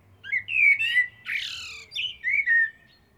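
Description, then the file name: Common blackbird song: mellow warbled whistles, a harsh rushing squeal in the middle, then more fluty, slurred phrases. "Turdus merula"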